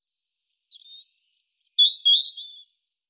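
European robin song with a soft opening note, a short buzzy trill, very high thin whistles, then a lower sweet warble to finish.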